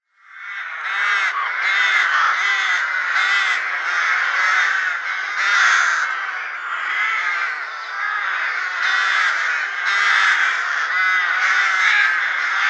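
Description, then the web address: Rooks cawing together in a dense, continuous chorus of overlapping harsh, raspy calls that swells and fades without a break. "Schulze Peter Rook"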